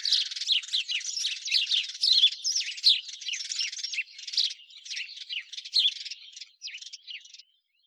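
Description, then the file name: House sparrow chirps, a fast tumbling stream of high notes that thins out and stops about seven and a half seconds in, leaving silence. "Passer domesticus"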